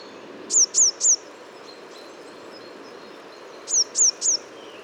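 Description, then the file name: Great tit with two quick sets of three high, descending thin notes separated by a few seconds, over continuous low rushing noise. "Parus major"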